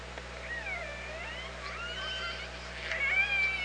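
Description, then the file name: Orca calls, faint overlapping wavering tones through most, then a clearer high level whistle near the end, over steady hum. Recorded by OrcaLab on 24 August 2017 at about 07:50. "Orca Lab UTLN JASON 20170824 075013"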